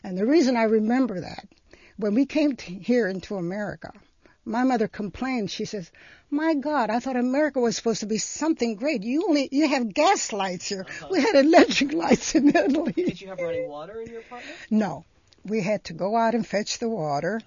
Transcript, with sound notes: And the reason I remember that, when we came here into America my mother complained, she says, "My God, I thought America was supposed to be something great. You have gaslights here. We had electric lights in Italy." (she laughs)
Did you have running water in your apartment?
No. We had to go out and fetch the water.